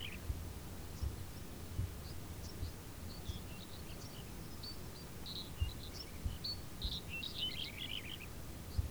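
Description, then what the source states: Birds giving many quick, high chirps and twitters that grow busier toward the end, over a constant low rumble with a few soft thumps. Background ambience of a field with birds.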